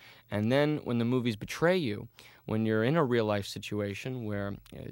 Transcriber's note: none